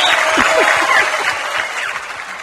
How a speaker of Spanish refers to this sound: Hay aplausos para el verdulero. No tiró ninguna magia, pero hay aplausos.